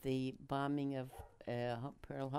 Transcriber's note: dogs barking